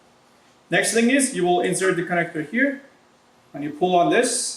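A tubing connector is being handled at its port on an SC300P instrument, about to be inserted and pulled on to test it, while someone talks. Nothing has seated or clicked yet.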